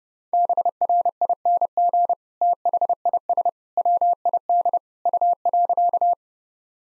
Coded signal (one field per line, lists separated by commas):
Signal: Morse code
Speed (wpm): 30 wpm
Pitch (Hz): 700 Hz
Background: none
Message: BRING THIS WID U.